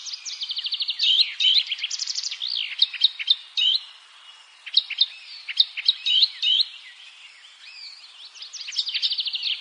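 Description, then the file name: Eurasian blackcap warbling, opening with a fast trill, then scratchy chirps and slurred whistles, ending with another quick trill. "Sylvia atricapilla"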